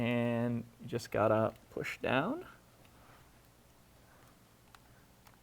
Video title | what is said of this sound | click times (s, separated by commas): 2026 VRS Swerve 12: Programming Prep | That didn't click in quite as nicely as I would have expected, but our lights are flashing now. | 4.8 s